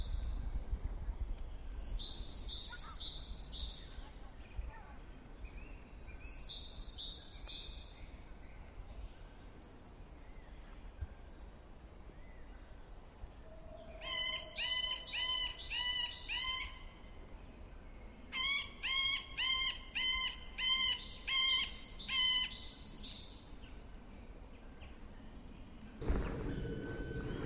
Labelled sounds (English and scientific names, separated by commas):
Middle Spotted Woodpecker (Dendrocopos medius)